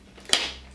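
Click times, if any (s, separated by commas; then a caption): 0.3 s. An HP 27es monitor's stand neck is pushed into its base, lifted slightly to line it up. A single sharp snap sounds at 0.3 s, broadband and strongest in the upper frequencies, then fades over about half a second. The two pieces are seated and snapped in place.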